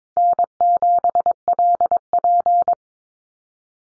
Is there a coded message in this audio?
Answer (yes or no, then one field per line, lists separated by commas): yes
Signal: Morse code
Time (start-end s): 0.2-2.7 s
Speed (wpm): 22 wpm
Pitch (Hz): 700 Hz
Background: none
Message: N7LP